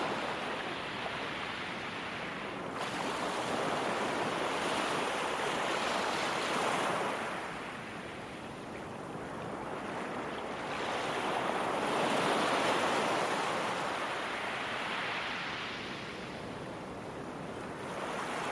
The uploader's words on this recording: Peaceful Ocean Sounds.